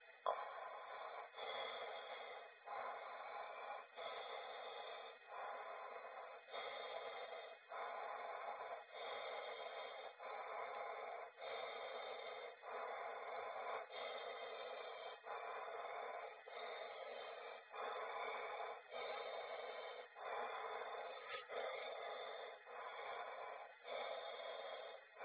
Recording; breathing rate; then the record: paced breathing near a phone; 24 breaths a minute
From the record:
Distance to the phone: 20 cm